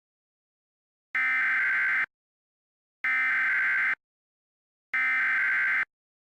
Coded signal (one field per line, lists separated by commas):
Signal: Emergency Alert System (SAME) tones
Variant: header bursts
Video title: The goods and bads of EAS Scenarios